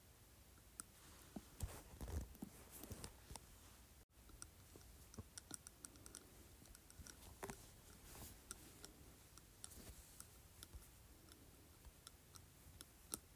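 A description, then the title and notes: A glass cup clinks against teeth in a quick, irregular series of small, bright taps. The clicks come in uneven clusters throughout, with a brief cut of silence near four seconds, over a faint, low hum. ASMR Glass Cup Clinking on my Teeth.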